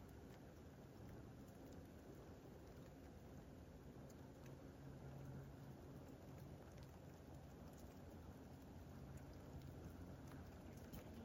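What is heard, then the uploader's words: Wet, heavy snow falls onto water, a dense, steady patter with a deep rumbling wash underneath. Faint soft plops and small ticks scatter throughout, while a low hum pulses gently in the middle seconds. The overall level holds nearly constant across the eleven seconds. It’s Sunday, and it’s just begun to snow. It’s just begun to snow. Not a delicate powdery parmesan kind of snow but a billowy popcorn one that makes plop sounds when it hits the water.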